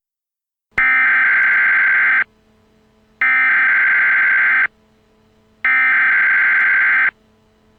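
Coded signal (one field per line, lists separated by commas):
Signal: Emergency Alert System (SAME) tones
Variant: header bursts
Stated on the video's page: Mock Emergency Action Notification for a fictional alien invasion, not a real alert.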